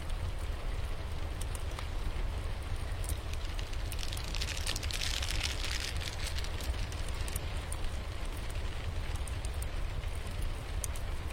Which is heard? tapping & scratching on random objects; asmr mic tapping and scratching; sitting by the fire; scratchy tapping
sitting by the fire